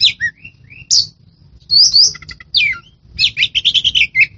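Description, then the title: Oriental magpie-robin delivering clear whistles and falling slurs, then a quick series of rhythmic repeated notes at the close. Champion songbird. "Kicau Burung Kacer Juara"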